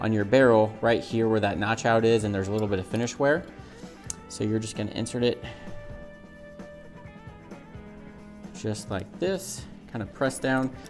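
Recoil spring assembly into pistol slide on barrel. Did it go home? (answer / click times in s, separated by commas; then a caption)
no / none. A recoil spring assembly for a Ruger LCP pistol is lined up on the barrel notch, where there is a little finish wear, and is inserted into the pistol slide before being pressed down. Someone talks over background music with guitar. Nothing has seated or clicked yet.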